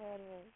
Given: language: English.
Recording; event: throat vibration sensor signal played as sound; speech